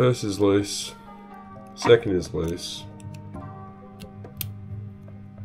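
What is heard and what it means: A clear practice padlock is picked with a tension wrench and pick while someone talks over a faint background hum. Small ticks of the pins setting are heard, then the shackle pops open with a sharp click at 4.4 s, and the lock is released.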